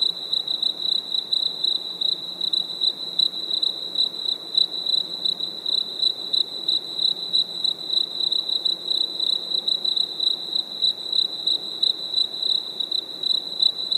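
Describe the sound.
Cricket song, a continuous high-pitched pulsing trill, steady in pitch.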